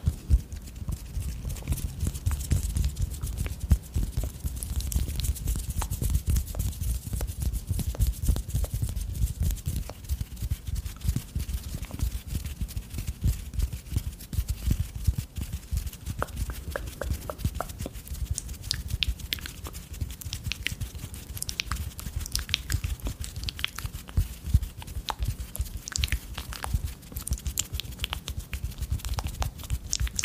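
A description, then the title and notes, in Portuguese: Mouth and hand sounds form a dense, steady stream of quick clicks and taps across thirty seconds, with a low rumbling underneath. Um ASMR focando em sons de boca e sons de mãos.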